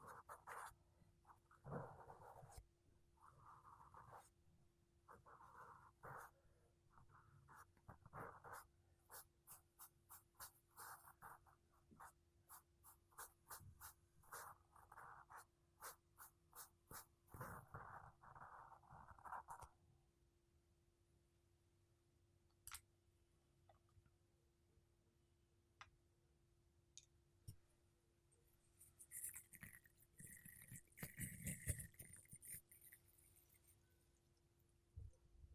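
Makeup brushes and a sponge sweep across a microphone in quick, regular strokes for the first twenty seconds, soft swishes repeating about twice a second. Then it goes mostly quiet with scattered taps, before a brighter, scratchier rubbing flares up near the thirty-second mark. A steady low hum runs underneath throughout.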